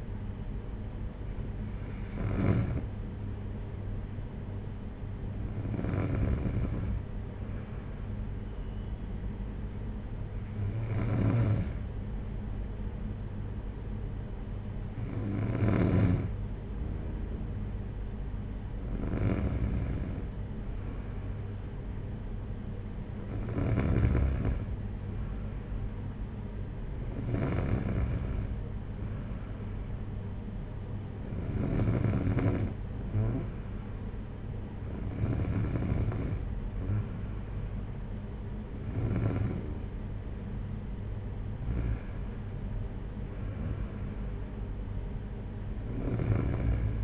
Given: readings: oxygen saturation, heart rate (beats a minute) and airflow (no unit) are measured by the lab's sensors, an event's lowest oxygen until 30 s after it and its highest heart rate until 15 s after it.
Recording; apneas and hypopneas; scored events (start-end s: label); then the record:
breathing in sleep by a smartphone at the bedside; none
none scored
From the record:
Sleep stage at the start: N2 (light sleep); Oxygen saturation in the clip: 93 to 94%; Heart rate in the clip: 56 to 64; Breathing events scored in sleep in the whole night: 226 in 8.8 hours asleep